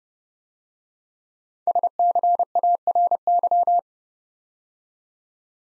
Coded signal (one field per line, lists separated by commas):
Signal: Morse code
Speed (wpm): 30 wpm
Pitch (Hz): 700 Hz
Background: none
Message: SCARY